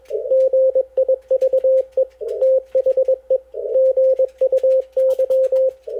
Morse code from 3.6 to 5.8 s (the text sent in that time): GUY